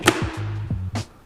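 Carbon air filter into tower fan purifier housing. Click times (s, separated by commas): 0.1 s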